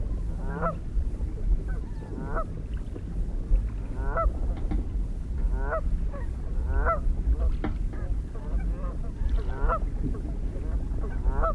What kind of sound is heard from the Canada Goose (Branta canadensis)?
call